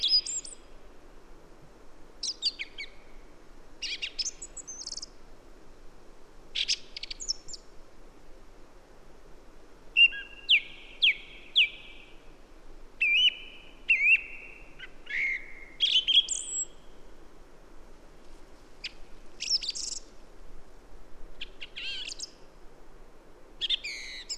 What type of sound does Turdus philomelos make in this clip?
song